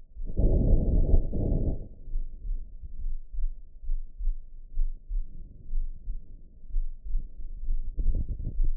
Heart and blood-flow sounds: heart sounds by optical stethoscope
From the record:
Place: tricuspid valve (TV)

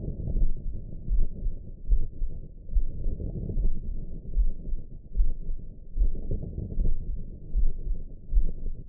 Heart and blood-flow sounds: heart sounds by optical stethoscope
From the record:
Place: tricuspid valve (TV)

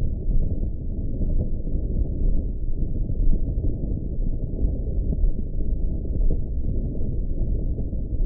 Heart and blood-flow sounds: heart sounds by optical stethoscope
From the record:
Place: tricuspid valve (TV)

